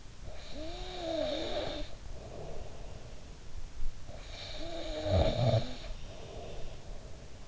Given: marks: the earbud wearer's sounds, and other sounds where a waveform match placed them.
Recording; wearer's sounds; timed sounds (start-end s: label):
sounds in sleep by an in-ear microphone; snoring breath
0.24-3.49 s: snoring breath
4.08-7.48 s: snoring breath